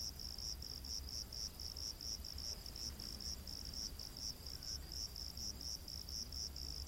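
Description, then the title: Cricket giving high, pulsing chirps about twice a second, continuous, with soft low background noise. Crickets in a rainforest at night. "Crickets of the Rainforest 🌿. Exotic Insect Orchestra"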